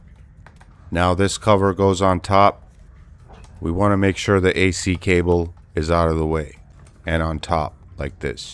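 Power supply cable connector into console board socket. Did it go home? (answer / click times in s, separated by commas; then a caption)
yes / 0.5 s. A power-supply cable connector is pressed down onto its board socket inside an Xbox Series X during a power supply replacement, and it must be pushed until it clicks. A short, sharp click at 0.5 s shows the connector seating in place. Someone then talks through the rest of the clip.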